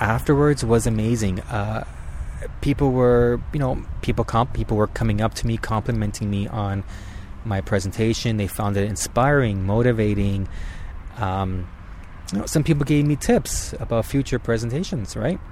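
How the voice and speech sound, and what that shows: An adult man who stutters speaks with whole-word repetitions, prolonged sounds and filler-word starters such as "um" and "you know", consistent with mild stuttering.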